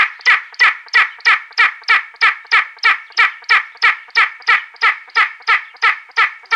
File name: spanish imperial eagle